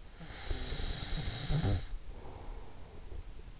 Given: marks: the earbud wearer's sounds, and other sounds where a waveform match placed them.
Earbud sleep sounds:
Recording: sounds in sleep by an in-ear microphone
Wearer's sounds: snoring breath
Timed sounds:
0.01-3.55 s: snoring breath

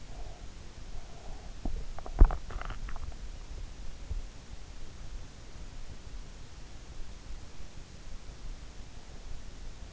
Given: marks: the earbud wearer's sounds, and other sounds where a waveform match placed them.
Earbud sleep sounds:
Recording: sounds in sleep by an in-ear microphone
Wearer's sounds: breath, swallowing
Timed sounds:
0.00-1.59 s: breath
1.59-3.31 s: swallowing

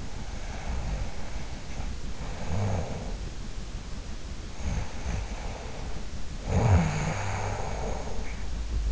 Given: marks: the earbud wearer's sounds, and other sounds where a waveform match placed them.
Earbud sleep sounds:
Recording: sounds in sleep by an in-ear microphone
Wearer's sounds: snoring breath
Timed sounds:
0.00-3.52 s: snoring breath
4.47-8.86 s: snoring breath

